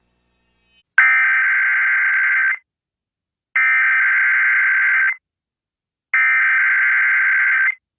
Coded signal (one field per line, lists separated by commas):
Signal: Emergency Alert System (SAME) tones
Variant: header bursts